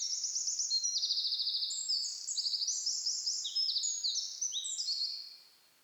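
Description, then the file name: Eurasian wren song, a loud, long, very high outpouring of rapid trills and shrill notes that then fades into quiet. "Troglodytes troglodytes"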